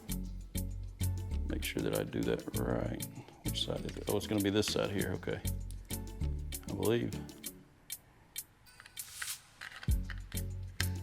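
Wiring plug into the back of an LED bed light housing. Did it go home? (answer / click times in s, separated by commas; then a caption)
yes / 10.8 s. A wiring plug is pushed onto the back of an LED truck bed light housing while someone talks over background music and searches for the right orientation. The plug locks with a sharp click at 10.8 s, and the connector is seated.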